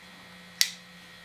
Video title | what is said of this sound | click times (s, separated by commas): Worth it???? Ultraview x Mathews Bridge-Lock UV Slider | there's your click | 0.6 s